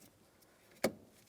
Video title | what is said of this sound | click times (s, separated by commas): How to Replace Transmission Shift Cables 2007-2014 GMC Sierra 2500 HD | Press it in. We hear an audible click. | 0.8 s